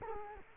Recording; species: mosquito wingbeat signal from an infrared sensor; Culex quinquefasciatus